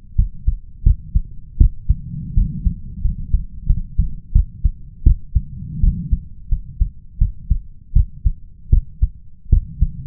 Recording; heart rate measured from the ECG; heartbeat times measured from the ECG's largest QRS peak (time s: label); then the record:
heart sounds by stethoscope; 84 bpm
0.16 s: heartbeat
0.83 s: heartbeat
1.58 s: heartbeat
2.34 s: heartbeat
3.02 s: heartbeat
3.66 s: heartbeat
4.32 s: heartbeat
5.03 s: heartbeat
5.80 s: heartbeat
6.49 s: heartbeat
7.18 s: heartbeat
7.93 s: heartbeat
8.70 s: heartbeat
9.50 s: heartbeat
From the record:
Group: healthy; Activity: cold pressor test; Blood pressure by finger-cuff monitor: 127/87 mmHg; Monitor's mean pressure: 101 mmHg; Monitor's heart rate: 87 bpm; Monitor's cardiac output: 6.5 L/min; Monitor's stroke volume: 76 mL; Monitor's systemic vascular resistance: 1150 dyn s/cm5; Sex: male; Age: 21 years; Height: 180 cm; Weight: 67.5 kg